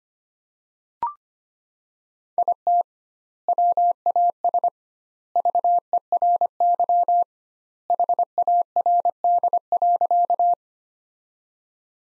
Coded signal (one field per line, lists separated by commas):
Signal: Morse code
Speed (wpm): 25 wpm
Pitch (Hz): 700 Hz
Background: none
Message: IT WAS VERY HARD.